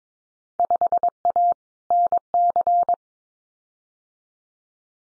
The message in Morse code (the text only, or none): 5A NC